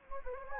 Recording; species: mosquito wingbeat signal from an infrared sensor; Anopheles gambiae